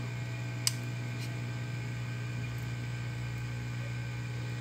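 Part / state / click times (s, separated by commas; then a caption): replacement board connector into TV main board / seated / 0.7 s. During repair of an LG 42CS460 TV with a broken USB, tuner and HDMI, a replacement connector (USB/HDMI/tuner) is pressed into its holes on the TV's main circuit board. A single sharp click at 0.7 s stands out over a steady low hum and hiss. The connector seats properly.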